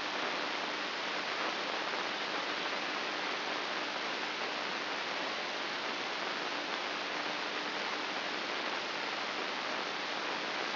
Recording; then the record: brain microelectrode recording played as sound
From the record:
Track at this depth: inside the subthalamic nucleus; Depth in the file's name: 6.416 mm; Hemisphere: left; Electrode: 2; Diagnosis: Parkinson's disease